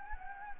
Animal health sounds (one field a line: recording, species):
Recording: mosquito wingbeat signal from an infrared sensor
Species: Anopheles gambiae